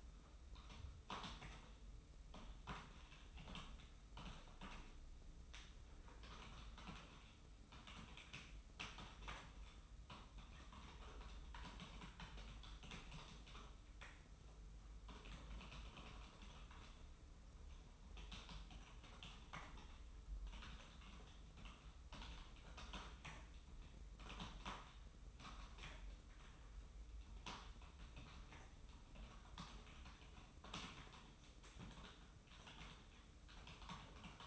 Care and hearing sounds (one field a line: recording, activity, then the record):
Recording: daily activity, microphone in the room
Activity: typing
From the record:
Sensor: 1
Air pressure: 991.0 hPa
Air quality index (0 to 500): 126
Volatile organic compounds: 290 ppm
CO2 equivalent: 4458 ppm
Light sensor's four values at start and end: 24/56/24/26 and 24/56/24/26